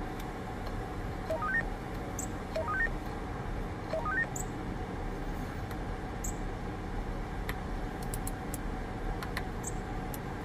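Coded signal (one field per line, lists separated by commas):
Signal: roger beep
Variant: Anytone roger beep 4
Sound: three quick rising five-note beep runs, each under half a second, over hiss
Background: radio static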